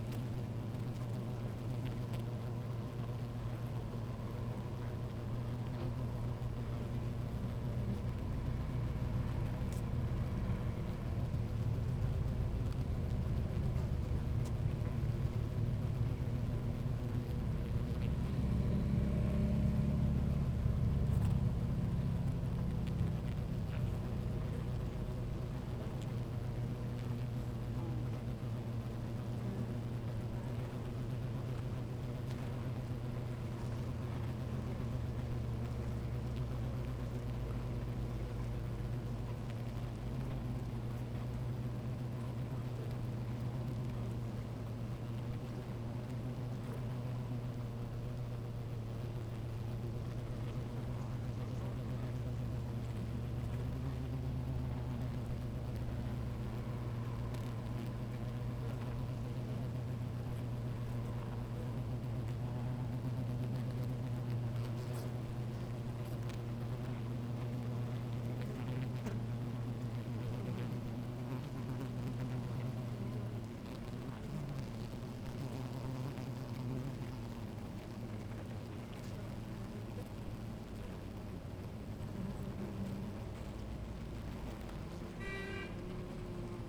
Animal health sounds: honeybee colony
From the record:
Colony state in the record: active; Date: 28 July 2017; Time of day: 16:55

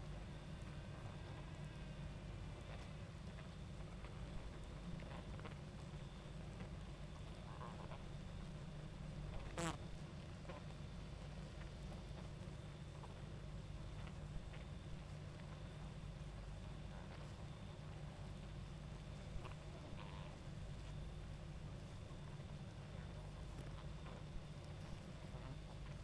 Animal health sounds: honeybee colony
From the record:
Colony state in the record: active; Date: 28 July 2017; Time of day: 22:08

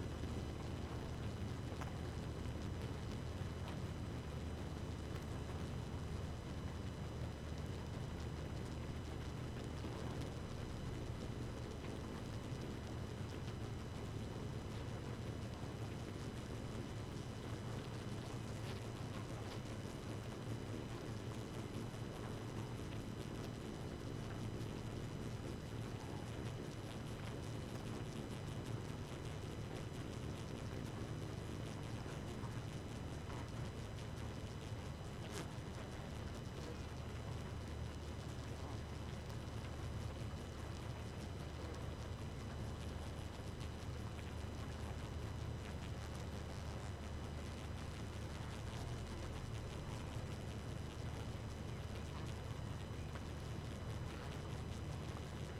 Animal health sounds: honeybee colony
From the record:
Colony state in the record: active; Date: 12 June 2018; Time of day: 2:41

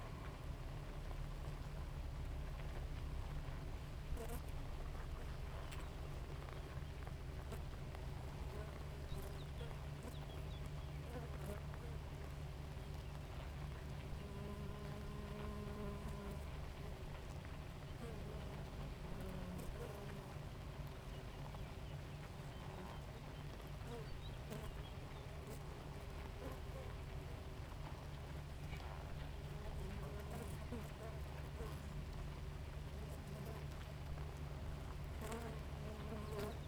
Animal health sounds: honeybee colony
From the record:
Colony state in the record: active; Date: 28 July 2017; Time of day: 4:40

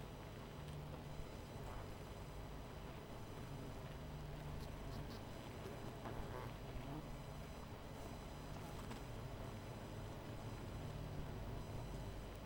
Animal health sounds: honeybee colony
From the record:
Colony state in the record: missing queen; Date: 14 July 2017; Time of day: 22:13

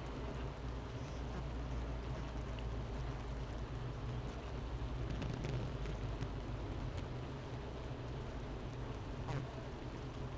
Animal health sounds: honeybee colony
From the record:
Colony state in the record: missing queen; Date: 31 May 2018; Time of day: 10:20

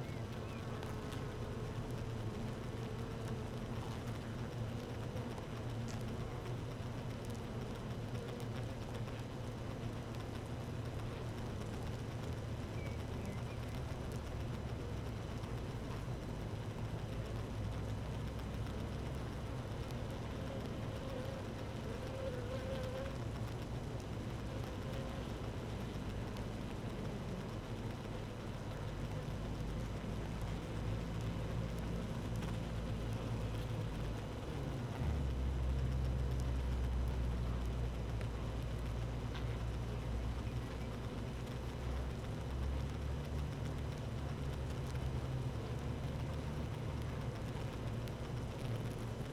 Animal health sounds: honeybee colony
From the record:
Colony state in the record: active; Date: 12 June 2018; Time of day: 15:33

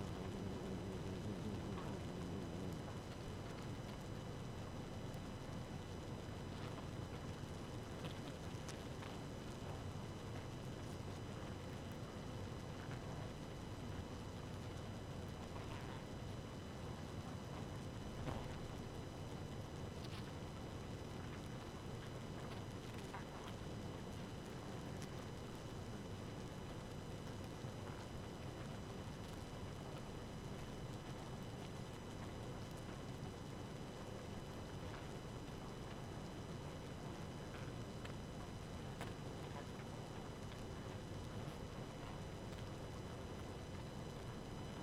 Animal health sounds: honeybee colony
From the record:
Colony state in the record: active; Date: 12 June 2018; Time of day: 1:01

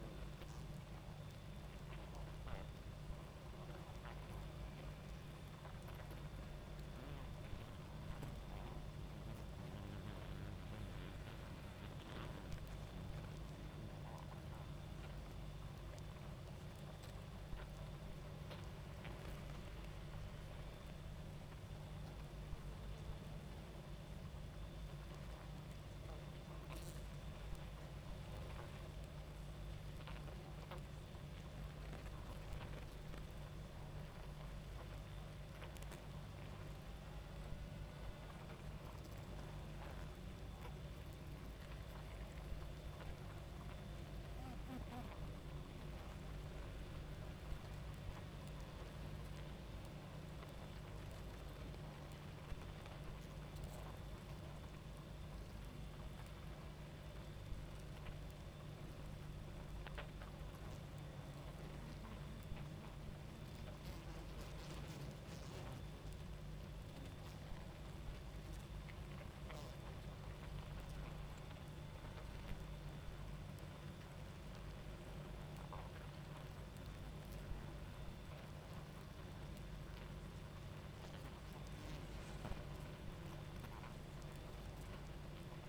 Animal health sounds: honeybee colony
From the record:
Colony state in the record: active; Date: 28 July 2017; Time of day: 23:21

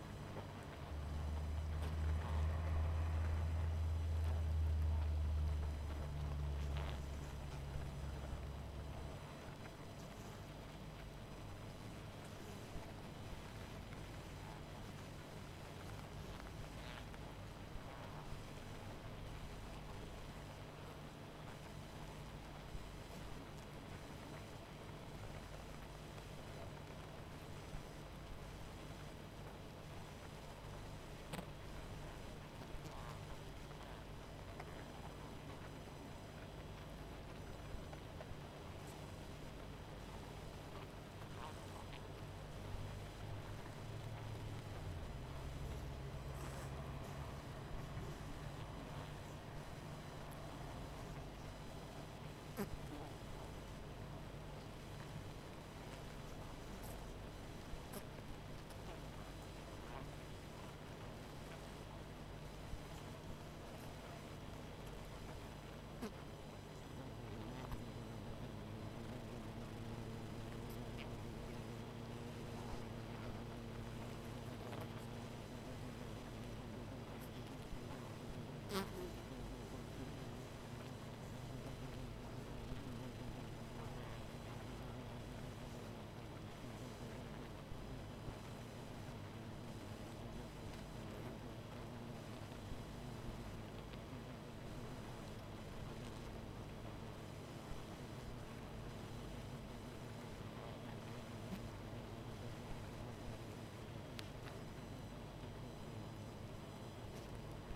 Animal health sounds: honeybee colony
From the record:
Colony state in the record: missing queen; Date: 14 July 2017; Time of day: 20:44

